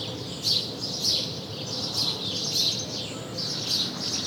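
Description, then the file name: House sparrow chirps, a few short bright notes spaced irregularly. "Passer domesticus"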